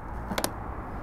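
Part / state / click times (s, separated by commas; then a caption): fuel filler door into the car body latch / seated / 0.4 s. A Saleen S7's fuel filler door is pushed back up into the car body latch. Two sharp clicks land close together, both at about 0.4 s, over a low steady background. The fuel door latches shut.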